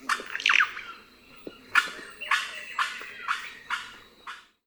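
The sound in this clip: Russet-backed oropendolas giving harsh, bubbling squawks, several broad crackling bursts in close succession, each fading quickly.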